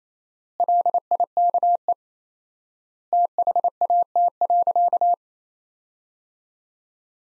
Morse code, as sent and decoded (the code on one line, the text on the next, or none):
.-.. .. -.- . / - .... .- - .-.-.-
LIKE THAT.